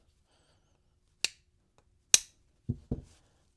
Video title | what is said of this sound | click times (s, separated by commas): Italian 1870/87 Vetterli Vitali: Disassembly & Reassembly | You hear a click. | 2.1 s